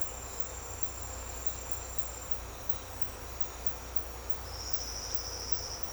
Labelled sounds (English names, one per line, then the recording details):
none
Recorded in secondary vegetation near Puerto Asís, Putumayo, Colombia, on 16 December 2024 at 07:30
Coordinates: 0.502, -76.326
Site G028